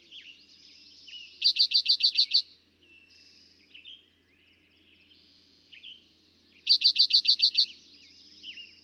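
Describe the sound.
Eastern towhee song: a loud series of about seven clear, evenly spaced high notes, given twice about five seconds apart, over a background chorus of other birds.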